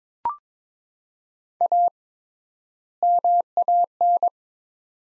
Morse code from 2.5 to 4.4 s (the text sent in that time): MAN